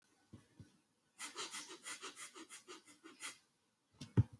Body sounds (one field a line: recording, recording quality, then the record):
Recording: shallow breathing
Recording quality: excellent, no background noise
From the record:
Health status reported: healthy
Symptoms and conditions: cold, hypertension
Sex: male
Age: 50 years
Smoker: not ticked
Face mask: not worn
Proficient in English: yes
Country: India